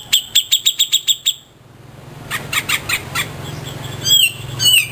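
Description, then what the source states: Grey-cheeked bulbul giving a quick series of sharp, ringing chip notes, about seven in just over a second, then quieter bursts and two slurred whistled notes near the end. Song style called resing.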